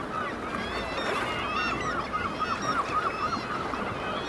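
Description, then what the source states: Black-legged kittiwake calls, a rapid series of nasal wavering notes over a busy background of colony calls. Recorded at Dunbar.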